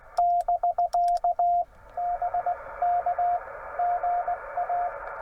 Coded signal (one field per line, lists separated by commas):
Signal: Morse code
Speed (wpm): 18 wpm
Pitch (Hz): 700 Hz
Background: radio noise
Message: <BK> BK GA